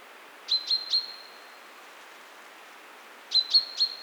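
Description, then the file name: Common chaffinch giving two quick triplets of bright, clipped high call notes separated by a pause of roughly two seconds, with faint background hiss. "Fringilla coelebs"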